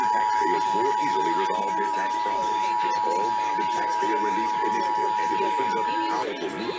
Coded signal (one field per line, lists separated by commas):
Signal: Emergency Alert System (SAME) tones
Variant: 853 and 960 Hz attention tone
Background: speech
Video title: Los Angeles Required Monthly Tests (EAS #3296-3341) 2/23/21